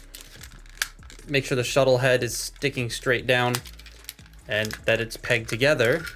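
Plastic peg joints on a Transformers Siege Astrotrain toy robot are handled as the shuttle halves are lined up to peg together into shuttle mode, with the shuttle head pointing straight down. Someone talks over light plastic crinkling and a few small taps, including a sharper tap near 0.8 s. The parts are not yet pegged all the way, and nothing has seated or clicked yet.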